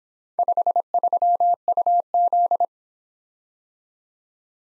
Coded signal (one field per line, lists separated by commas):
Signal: Morse code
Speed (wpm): 25 wpm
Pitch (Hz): 700 Hz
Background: none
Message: 53UZ